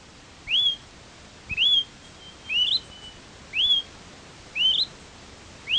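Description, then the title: Smoke-colored Pewee calling: short, high, rising whistled notes repeated about once a second, steady and clear over a quiet background. Subspecies zarumae. "LuckyPassaro Completos2Sama. Smoke-colored Pewee (Contopus fumigatus zarumae)"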